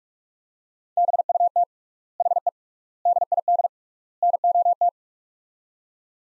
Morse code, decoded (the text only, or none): BUT HE DID NOT